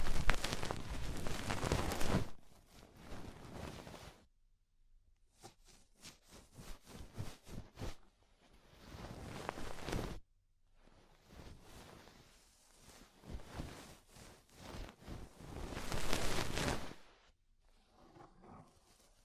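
Ear cleaning sounds with rhinestone and clay removal: bursts of crisp scratching and crinkling, separated by brief silences, loudest at the start.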